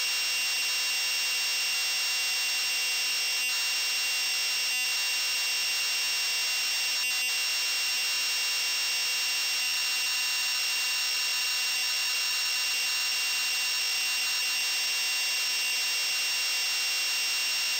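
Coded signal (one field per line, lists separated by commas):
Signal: computer data on cassette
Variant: MSX cassette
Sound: steady harsh buzzing data screech with a high whine and three brief dropouts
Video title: Match Day II (MSX) - Full tape loading sequence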